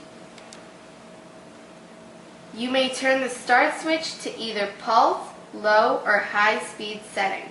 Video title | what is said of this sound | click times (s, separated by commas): Chef Pro Wet & Dry Grinder CPG501 | turn the cover counterclockwise until it clicks and locks in position | 0.4 s, 0.5 s